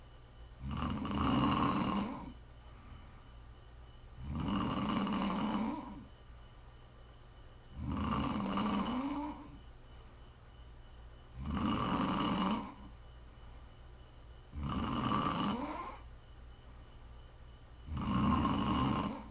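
Six loud, rough snores at about 17 per minute, each with a low fluttering rattle, then quiet pauses.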